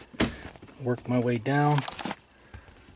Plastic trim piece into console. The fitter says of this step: i typically put it up at the top first snap it in and then